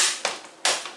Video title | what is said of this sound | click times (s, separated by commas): Dell latitude 7480 install WD m.2 SSD | hear the snap noise and | 0.6 s